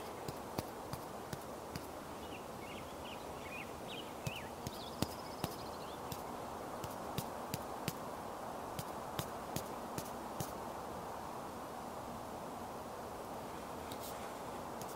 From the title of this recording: Doing Your Makeup Outside on a Sunny Day